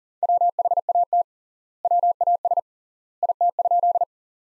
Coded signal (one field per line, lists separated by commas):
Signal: Morse code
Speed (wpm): 40 wpm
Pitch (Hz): 700 Hz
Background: none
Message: WHAT WAS IT?